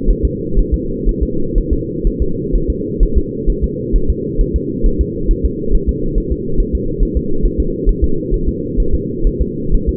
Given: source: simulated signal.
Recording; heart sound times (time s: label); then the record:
fetal heart sounds
0.11 s: S1
0.25 s: S2
0.59 s: S1
0.74 s: S2
1.09 s: S1
1.23 s: S2
1.58 s: S1
1.73 s: S2
2.07 s: S1
2.22 s: S2
2.56 s: S1
2.70 s: S2
3.03 s: S1
3.18 s: S2
3.50 s: S1
3.64 s: S2
3.96 s: S1
4.10 s: S2
4.41 s: S1
4.56 s: S2
4.86 s: S1
5.01 s: S2
5.31 s: S1
5.46 s: S2
5.75 s: S1
5.89 s: S2
6.18 s: S1
6.32 s: S2
6.60 s: S1
6.75 s: S2
7.03 s: S1
7.17 s: S2
7.45 s: S1
7.60 s: S2
7.89 s: S1
8.04 s: S2
8.34 s: S1
8.49 s: S2
8.80 s: S1
8.95 s: S2
9.27 s: S1
9.42 s: S2
9.75 s: S1
9.89 s: S2
From the record:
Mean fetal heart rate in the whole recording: 130 bpm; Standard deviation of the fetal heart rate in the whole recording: 4 bpm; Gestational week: 38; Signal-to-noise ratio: -8.1 dB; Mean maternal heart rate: 72 bpm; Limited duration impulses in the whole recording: absent